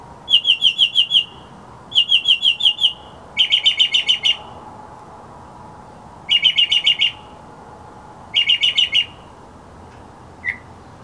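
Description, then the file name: Mockingbird song: five bursts of fast repeated chirps, each phrase varying slightly, separated by short pauses, with a lone final note. Masteran (tutor) sound for songbirds, uploaded November 2014. "suara masteran mockingbird"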